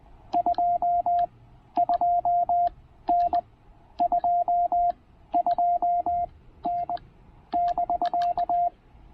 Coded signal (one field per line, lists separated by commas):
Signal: Morse code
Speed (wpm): 19 wpm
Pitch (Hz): 690 Hz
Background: none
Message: 22N 22N <BK>